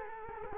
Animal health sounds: mosquito wingbeat signal from an infrared sensor; Culex quinquefasciatus

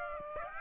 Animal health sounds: mosquito wingbeat signal from an infrared sensor; Aedes aegypti

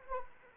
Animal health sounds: mosquito wingbeat signal from an infrared sensor; Anopheles arabiensis

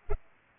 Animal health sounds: mosquito wingbeat signal from an infrared sensor; Culex pipiens

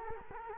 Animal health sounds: mosquito wingbeat signal from an infrared sensor; Culex quinquefasciatus

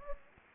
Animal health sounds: mosquito wingbeat signal from an infrared sensor; Anopheles gambiae

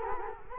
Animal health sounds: mosquito wingbeat signal from an infrared sensor; Culex quinquefasciatus

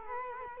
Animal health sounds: mosquito wingbeat signal from an infrared sensor; Culex quinquefasciatus

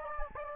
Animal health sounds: mosquito wingbeat signal from an infrared sensor; Anopheles gambiae

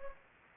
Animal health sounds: mosquito wingbeat signal from an infrared sensor; Anopheles gambiae

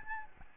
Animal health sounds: mosquito wingbeat signal from an infrared sensor; Aedes albopictus

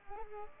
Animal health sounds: mosquito wingbeat signal from an infrared sensor; Culex pipiens

